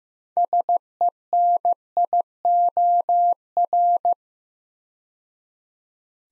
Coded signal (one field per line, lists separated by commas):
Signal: Morse code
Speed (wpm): 15 wpm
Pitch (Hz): 700 Hz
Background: none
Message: SENIOR